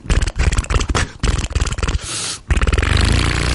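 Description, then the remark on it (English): A voice imitates a Harley motorcycle engine with loud, low, distorted sputtering pulses in an uneven loping rhythm, then settles into a steadier buzzing rumble. “That's a Harley. That's awesome.”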